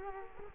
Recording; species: mosquito wingbeat signal from an infrared sensor; Culex quinquefasciatus